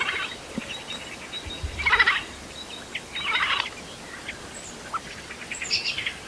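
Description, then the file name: Eurasian jay giving harsh, rasping screeches, two loud bursts about one and a half seconds apart, with fainter chips and a steady background hiss. "Garrulus glandarius"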